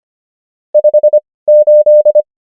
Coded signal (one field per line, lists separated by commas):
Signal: Morse code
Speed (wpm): 25 wpm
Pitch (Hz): 600 Hz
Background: none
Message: 58